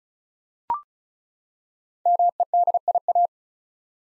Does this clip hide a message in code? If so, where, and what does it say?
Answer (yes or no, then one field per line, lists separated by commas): yes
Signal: Morse code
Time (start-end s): 2.1-3.3 s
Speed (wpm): 36 wpm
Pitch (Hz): 700 Hz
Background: none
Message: MEDIA